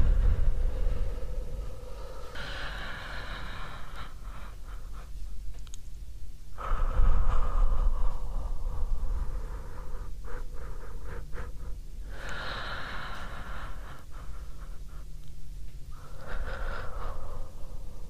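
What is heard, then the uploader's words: Slow, deep breaths repeat in a steady cycle, each long inhale and exhale swelling and fading over a few seconds, with louder peaks around 2, 7, 12 and 16 seconds. A low rumble runs underneath throughout. ASMR Deep Breathing. Sounds kind of similar to sleeping, but without the snoring.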